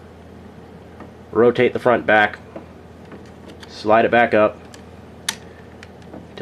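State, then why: Seated. Someone talks while closing the cockpit hatch panel on the torso of a plastic HG 1/60 scale Strike Gundam model kit: the panel is rotated, slid front and back, then pushed back up. A single sharp pop at 5.3 s marks the hatch snapping into place, seated shut, followed by a few faint ticks.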